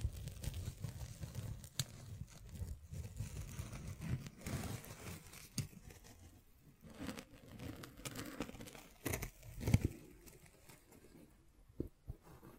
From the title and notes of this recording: ASMR Brain NUMBING Triggers Scratching, Tracing, Tapping (No Talking).